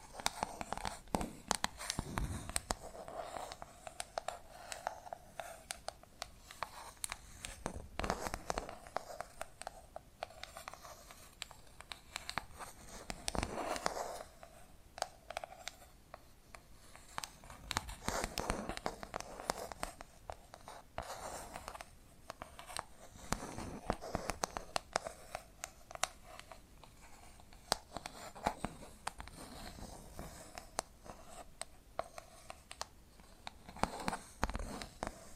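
Tapping and scratching sounds carry on for the whole stretch, made of dense, irregular clicks and scrapes with a crinkly, crackling edge. Brighter bursts of scratching come and go every few seconds, strongest around 2, 8, 13, 18 and 27 seconds, over a soft mid-pitched rustle.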